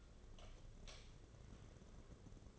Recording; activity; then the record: daily activity, microphone in the room; light off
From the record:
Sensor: 4